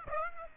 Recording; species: mosquito wingbeat signal from an infrared sensor; Aedes aegypti